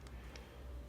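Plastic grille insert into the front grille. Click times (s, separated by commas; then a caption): 0.1 s, 0.4 s. A new black plastic grille insert for a 2017 Jeep Grand Cherokee, with its tabs trimmed, is pressed into the front grille opening in place of the chrome insert, without removing the bumper. Two soft ticks are heard at 0.1 s and 0.4 s over a low steady hum as the insert snaps into place and is seated.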